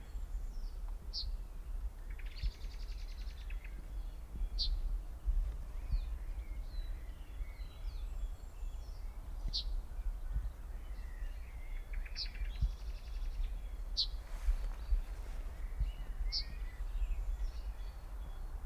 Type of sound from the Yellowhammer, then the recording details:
call. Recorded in the wild. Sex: male. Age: adult. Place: Hobrechtsfelder Rieselfelder, Naturpark Barnim, Brandenburg, DE. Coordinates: 52.6761, 13.5197. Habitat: open landscape. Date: 2006-04-13 14:25. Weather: bedeckt, ca. 10°C. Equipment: Edirol R-4, Sennheiser MKH 70, Windkorb. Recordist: Frommolt, Karl-Heinz. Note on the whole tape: In der Nähe zur Straße zwischen Schönow und Gorinsee: Rufe eines Männchens. Ruft in einer alten Eiche. Entfernung 10 m. Tier gesehen